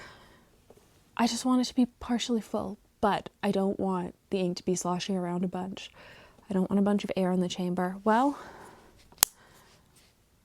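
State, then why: Seated. Someone talks while partially filling a Monteverde MP1 Piston Strawberry Dreams Limited Edition fountain pen with ink, then turns the piston mechanism until its two dots line up. A single sharp click at 9.2 s marks the piston filler lock in the pen barrel seating into place.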